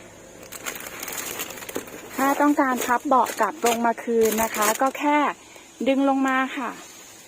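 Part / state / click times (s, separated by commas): fold-down rear seat into its floor latch / not seated / none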